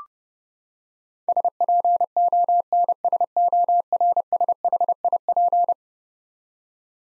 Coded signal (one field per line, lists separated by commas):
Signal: Morse code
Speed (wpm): 30 wpm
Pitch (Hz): 700 Hz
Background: none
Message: SPONSORSHIP